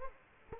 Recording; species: mosquito wingbeat signal from an infrared sensor; Culex quinquefasciatus